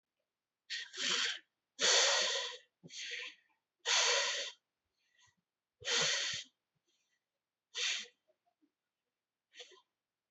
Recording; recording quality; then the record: deep breathing; excellent, no background noise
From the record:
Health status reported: healthy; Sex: male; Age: 20 years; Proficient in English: yes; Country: India